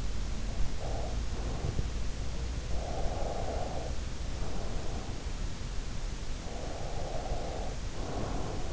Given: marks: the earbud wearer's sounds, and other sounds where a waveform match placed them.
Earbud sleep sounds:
sounds in sleep by an in-ear microphone; breath
0.18-2.00 s: breath
2.62-5.25 s: breath
6.65-8.72 s: breath

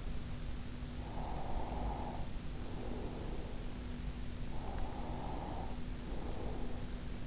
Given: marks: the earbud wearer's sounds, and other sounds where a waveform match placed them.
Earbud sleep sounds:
sounds in sleep by an in-ear microphone; breath
1.07-3.51 s: breath
4.56-6.86 s: breath

